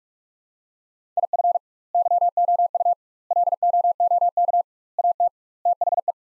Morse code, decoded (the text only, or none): IF YOU LOOK AT THE